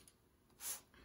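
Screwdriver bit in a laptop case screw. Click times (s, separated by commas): 0.1 s, 0.9 s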